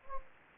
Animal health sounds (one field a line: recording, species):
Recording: mosquito wingbeat signal from an infrared sensor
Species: Anopheles gambiae